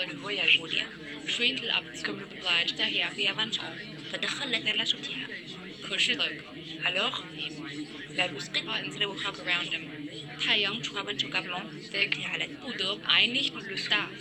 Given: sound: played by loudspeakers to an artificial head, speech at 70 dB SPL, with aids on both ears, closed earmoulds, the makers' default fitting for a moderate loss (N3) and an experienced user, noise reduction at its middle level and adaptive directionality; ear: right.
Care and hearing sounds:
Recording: speech test signal (ISTS) in cocktail-party noise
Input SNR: -3 dB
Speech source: in front (0 degrees)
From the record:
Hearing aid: class 1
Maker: C

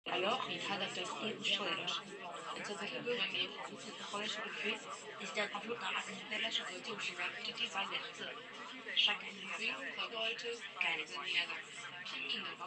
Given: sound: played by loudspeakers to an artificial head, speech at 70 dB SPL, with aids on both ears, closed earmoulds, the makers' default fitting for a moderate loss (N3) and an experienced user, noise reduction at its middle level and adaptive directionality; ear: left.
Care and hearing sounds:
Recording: speech test signal (ISTS) in cocktail-party noise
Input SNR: 0 dB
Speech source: on the right (90 degrees)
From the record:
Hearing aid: class 1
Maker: I

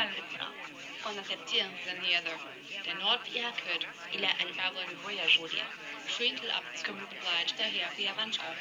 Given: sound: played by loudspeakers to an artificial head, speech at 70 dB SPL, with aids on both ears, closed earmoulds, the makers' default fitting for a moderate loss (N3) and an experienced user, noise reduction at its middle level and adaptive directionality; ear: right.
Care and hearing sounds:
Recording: speech test signal (ISTS) in cocktail-party noise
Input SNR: +3 dB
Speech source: in front (0 degrees)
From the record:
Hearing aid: class 1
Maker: G

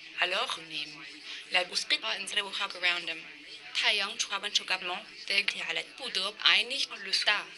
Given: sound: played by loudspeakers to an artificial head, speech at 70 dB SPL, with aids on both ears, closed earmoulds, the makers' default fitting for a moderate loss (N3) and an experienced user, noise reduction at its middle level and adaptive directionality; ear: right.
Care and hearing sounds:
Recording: speech test signal (ISTS) in cocktail-party noise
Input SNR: +9 dB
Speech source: in front (0 degrees)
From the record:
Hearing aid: class 2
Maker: B

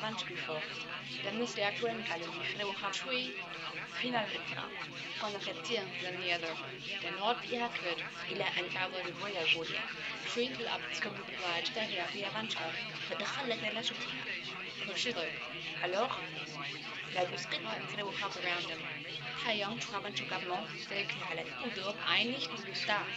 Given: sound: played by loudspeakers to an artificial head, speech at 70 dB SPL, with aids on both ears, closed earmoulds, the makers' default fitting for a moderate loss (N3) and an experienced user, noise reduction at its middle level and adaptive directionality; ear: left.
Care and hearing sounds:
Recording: speech test signal (ISTS) in cocktail-party noise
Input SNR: 0 dB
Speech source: in front (0 degrees)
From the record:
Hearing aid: class 1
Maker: F

